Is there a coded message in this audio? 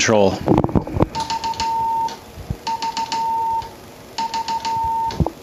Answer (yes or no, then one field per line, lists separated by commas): no